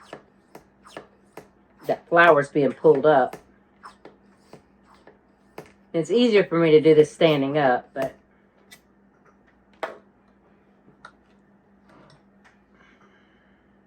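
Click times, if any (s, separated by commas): none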